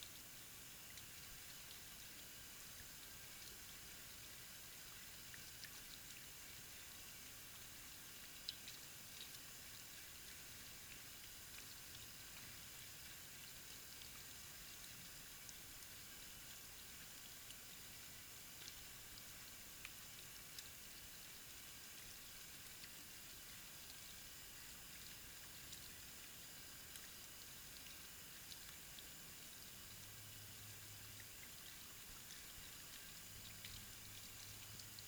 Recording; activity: daily activity, guitar pickup as the sensor; wash hands